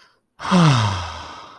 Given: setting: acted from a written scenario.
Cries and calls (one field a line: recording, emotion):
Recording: vocal sound without words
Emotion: relief